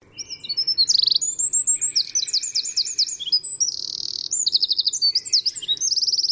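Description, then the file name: Eurasian wren singing a long, vigorous high-pitched phrase of rapid chips, slurred notes and buzzy trills delivered at great speed. "Troglodytes troglodytes"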